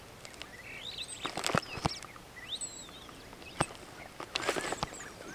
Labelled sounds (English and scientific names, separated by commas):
Superb Starling (Lamprotornis superbus) flight call